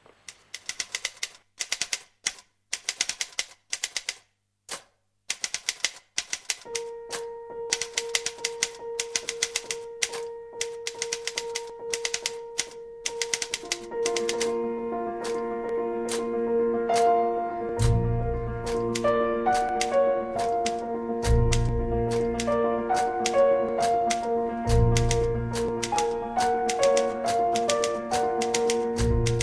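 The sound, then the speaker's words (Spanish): Rapid, crisp typewriter key clacks, used as percussion in a film score, open alone in an uneven rhythm, then a sustained piano and strings enter and swell beneath the steady typing as it keeps the beat. “con ese uso de la máquina de escribir como instrumento de percusión.”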